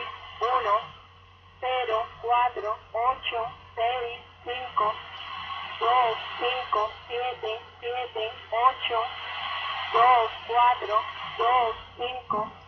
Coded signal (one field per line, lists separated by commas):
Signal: numbers station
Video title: Numbers Station Dec 15 2014